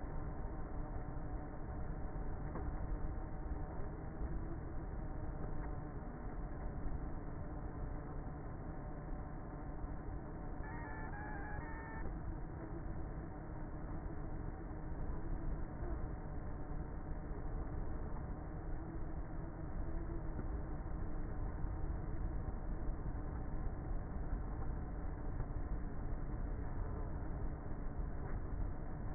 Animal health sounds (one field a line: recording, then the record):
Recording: honeybee colony, microphone inside the hive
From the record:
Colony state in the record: queenless with a low population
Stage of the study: before two queens were removed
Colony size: about 30,000 bees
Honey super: no